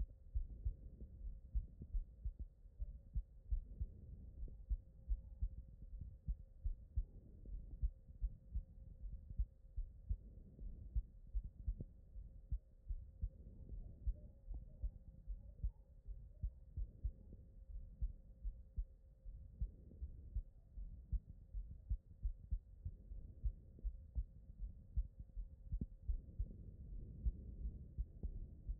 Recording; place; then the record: heart sounds by stethoscope; aortic valve (AV)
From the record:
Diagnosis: non-HFrEF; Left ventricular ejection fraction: 64%